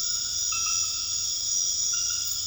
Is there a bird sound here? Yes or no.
no